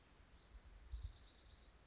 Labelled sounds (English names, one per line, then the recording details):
Orange-crowned Warbler
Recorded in Sonoma County, California